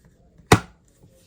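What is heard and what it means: A full-tang steel fixed-blade knife is pushed into its molded kydex sheath. A single sharp, bright click at 0.5 s marks it snapping into the retention, fully seated, against otherwise quiet background.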